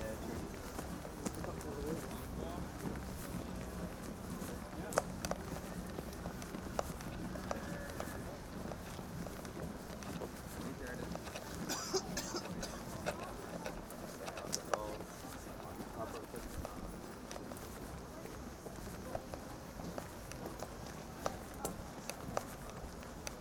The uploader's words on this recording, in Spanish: Caminata Nocturna Glastonbury 2014. Caminando desde el gran letrero que dice GLASTONBURY junto al Park Stage hasta mi carpa.